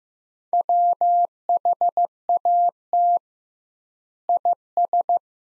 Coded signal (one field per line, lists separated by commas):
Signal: Morse code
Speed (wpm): 15 wpm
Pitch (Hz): 700 Hz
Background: none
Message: WHAT IS